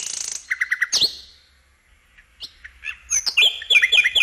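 A thrush nightingale sings alone, opening with a dry buzzing trill, then quick repeated chirps and, after a short pause, a run of loud, sharp whistled notes in rapid rhythmic series.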